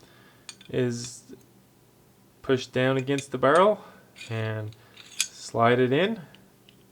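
During reassembly of a 1911 .45 ACP pistol, a steel part is pushed down against the barrel and slid into the front of the slide while someone talks, with faint metallic handling sounds and a brief tick near 0.5 s. The part is handled but not yet home: nothing has seated or clicked into place by the end of the clip.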